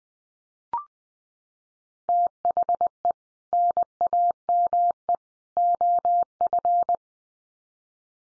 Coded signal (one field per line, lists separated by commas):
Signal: Morse code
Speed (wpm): 20 wpm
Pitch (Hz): 700 Hz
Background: none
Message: THE NAME OF